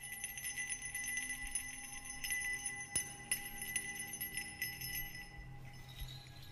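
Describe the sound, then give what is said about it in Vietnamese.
A hand bell shaken gently by a ritual master calling spirits, producing a continuous shimmering metallic ringing with bright, sustained high tones, one sharper clang partway through, and the ringing thinning out toward the end. No one speaks. “Thầy cầm cái chuông rồi lắc khẽ.”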